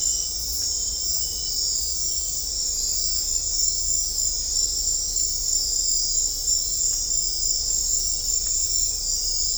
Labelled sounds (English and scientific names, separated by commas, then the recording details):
none
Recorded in dense forest near Puerto Asís, Putumayo, Colombia, on 18 December 2024 at 21:30
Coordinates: 0.500, -76.322
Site G053